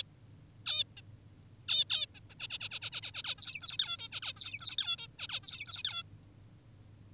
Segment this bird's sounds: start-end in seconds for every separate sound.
0.66-0.84, 0.97-1.02, 1.68-1.85, 1.90-2.06, 2.15-2.20, 2.30-2.35, 2.40-2.48, 2.50-2.58, 2.60-2.69, 2.71-2.80, 2.82-2.90, 2.92-3.01, 3.03-3.11, 3.14-3.23, 3.24-3.35, 3.38-3.78, 3.79-3.97, 3.99-4.08, 4.12-4.21, 4.22-4.33, 4.36-4.76, 4.78-4.96, 4.98-5.07, 5.19-5.28, 5.29-5.40, 5.43-5.83, 5.85-6.03